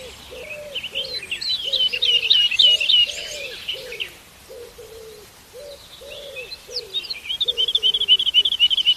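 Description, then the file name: Lark song of rapid, high, looping twitters, with a low, soft cooing repeated steadily underneath through most. "Bird Lark Sound"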